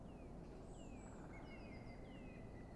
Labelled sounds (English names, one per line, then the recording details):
Eurasian Blue Tit
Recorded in Germany
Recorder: ecoPi